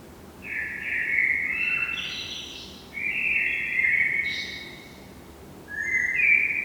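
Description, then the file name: Eurasian blackbird song: three fluty, warbling phrases, the first two ending in higher, thinner twitters. "Turdus merula"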